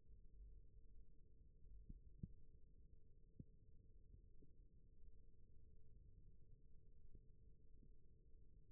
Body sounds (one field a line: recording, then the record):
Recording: forearm muscle sounds (acoustic myography)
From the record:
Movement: rest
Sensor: system 1, eight BSWA MPA416 microphones around the upper forearm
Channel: 7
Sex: male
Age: 28 years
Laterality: right